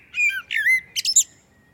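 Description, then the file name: Common blackbird singing one phrase: two mellow whistled notes, then a thin, high, scratchy twitter. "Turdus merula"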